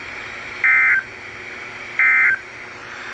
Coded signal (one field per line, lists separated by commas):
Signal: Emergency Alert System (SAME) tones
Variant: end-of-message bursts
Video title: Required Weekly Test On WWG53 7/9/2025 EAS #16